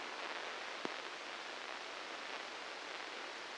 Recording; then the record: brain microelectrode recording played as sound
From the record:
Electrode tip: inside the subthalamic nucleus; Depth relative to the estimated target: -3 mm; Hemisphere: left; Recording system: NeuroSet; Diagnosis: Parkinson's disease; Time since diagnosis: 19 years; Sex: female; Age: 69 years